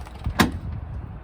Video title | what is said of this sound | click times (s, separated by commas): Jetter Hook Up Safety | Okay, you'll hear it pop off. | 0.4 s